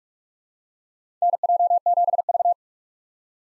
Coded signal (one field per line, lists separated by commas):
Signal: Morse code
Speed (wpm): 46 wpm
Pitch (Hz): 700 Hz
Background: none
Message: NJ7V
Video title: 2023 SOTA Activator Call Signs - 45wpm